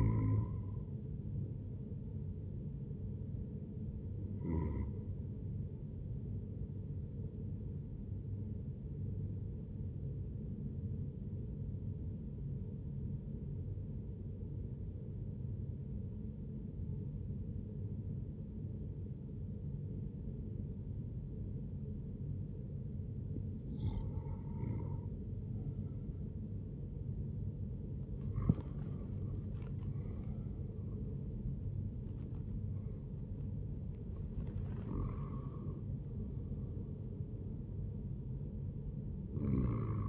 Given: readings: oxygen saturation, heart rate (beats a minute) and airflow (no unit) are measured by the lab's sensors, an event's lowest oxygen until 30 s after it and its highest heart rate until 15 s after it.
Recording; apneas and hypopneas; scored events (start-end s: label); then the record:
breathing in sleep by a smartphone at the bedside; 1
8.00-27.50 s: hypopnea (N1, oxygen 96% highest, then 93% lowest, heart rate 71 at the start, 81 highest)
From the record:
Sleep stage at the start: N1 (lightest sleep); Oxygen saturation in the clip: 93 to 96%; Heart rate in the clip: 69 to 81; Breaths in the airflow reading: 6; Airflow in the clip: -6.8 to 9.0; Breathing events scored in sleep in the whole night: 131 in 7.2 hours asleep